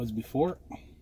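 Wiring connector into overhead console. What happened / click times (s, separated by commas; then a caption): Handled, not yet seated: no connector click / none. An electrical wiring connector is being handled as it is plugged back into the overhead console of a 2012 Ford F150 during a fix for a rear window that will not open. Someone talks briefly over low background noise. The connector has not seated or clicked yet.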